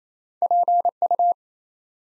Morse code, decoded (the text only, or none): PU